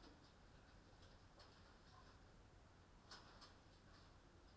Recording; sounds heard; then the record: poultry house recording; healthy chickens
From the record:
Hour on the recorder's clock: 21